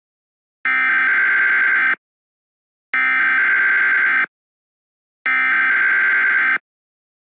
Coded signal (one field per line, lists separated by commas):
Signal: Emergency Alert System (SAME) tones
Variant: header bursts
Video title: THE MACON TORNADO- A TWC COVERAGE/EAS SCENARIO